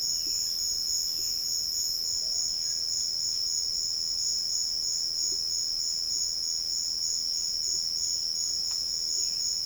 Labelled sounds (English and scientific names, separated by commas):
none